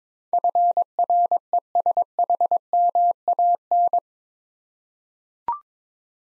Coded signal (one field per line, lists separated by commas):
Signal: Morse code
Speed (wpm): 22 wpm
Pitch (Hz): 700 Hz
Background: none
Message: FRESHMAN